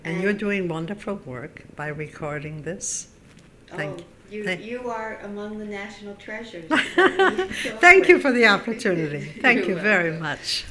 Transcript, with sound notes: And you're doing wonderful work by recording this.
Oh. You are among the national treasures.
(laughs) Thank you for the opportunity. Thank you very much.